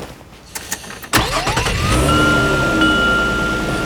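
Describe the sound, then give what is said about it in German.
A few light clicks, then a loud slam as a man shuts the hood of an ice cream van, followed by the van's engine cranking up and settling into a steady, whining hum as he sits behind the wheel. No one speaks. “Der unfreundliche, breitgebaute Mann mit dem ungepflegten Bart und einem kleinen Muttermal unterm rechten Auge knallte die Motorhaube zu und setzte sich grummelnd hinter das Steuer des Eiswagens.”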